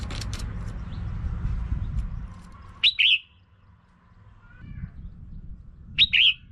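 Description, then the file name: Red-whiskered bulbul calling: two short, bright chirped phrases about three seconds apart, over background noise. Female. "tieng chao mao mai"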